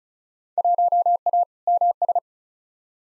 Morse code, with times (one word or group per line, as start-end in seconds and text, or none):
0.6-1.4 1A
1.7-2.2 MS